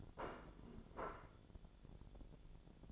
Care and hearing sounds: daily activity, microphone in the room; place plate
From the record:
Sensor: 5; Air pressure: 1000.3 hPa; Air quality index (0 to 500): 122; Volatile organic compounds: 1 ppm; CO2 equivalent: 969 ppm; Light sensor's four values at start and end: 96/227/97/105 and 96/227/97/105

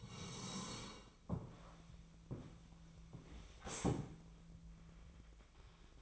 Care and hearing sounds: daily activity, microphone in the room; sit down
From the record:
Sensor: 1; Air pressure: 1000.4 hPa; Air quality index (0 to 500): 178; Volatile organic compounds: 4 ppm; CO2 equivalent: 1642 ppm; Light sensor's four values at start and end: 12/29/12/14 and 12/29/12/13

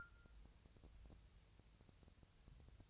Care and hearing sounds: daily activity, microphone in the room; take from stove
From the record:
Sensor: 2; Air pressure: 999.2 hPa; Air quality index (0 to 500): 196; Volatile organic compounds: 27 ppm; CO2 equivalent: 2890 ppm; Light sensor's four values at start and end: 6/15/6/6 and 6/15/6/6

